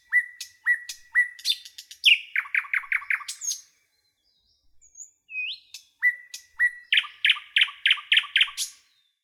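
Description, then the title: Nightingale song with sharp clicks and flat whistles, a fast throbbing run of chooks, a pause with a few soft whistles, then another loud chook series. "A Beautiful Nightingale Song"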